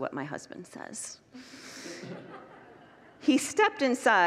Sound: congregants laugh